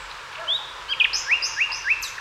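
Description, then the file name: Common nightingale song: a drawn-out whistle, then a string of upslurred notes repeated rhythmically, with higher whistled accents above. "Luscinia megarhynchos"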